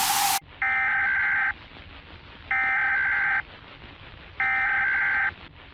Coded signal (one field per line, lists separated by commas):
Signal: Emergency Alert System (SAME) tones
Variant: header bursts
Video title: EAS Scenario | Zombie Virus Outbreak | Analog Horror